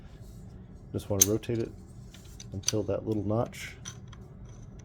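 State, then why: Not seated. Someone talks while handling the gas tube of an M+M Industries M10X (M10X-Z) rifle, rotating it in the upper receiver until its notch lines up with the detent. Faint metallic ticks and taps follow near the end of the clip. Nothing has snapped or seated yet.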